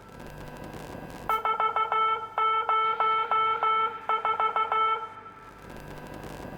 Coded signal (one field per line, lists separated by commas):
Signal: Morse code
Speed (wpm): 16 wpm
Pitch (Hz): 1320 Hz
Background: music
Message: 404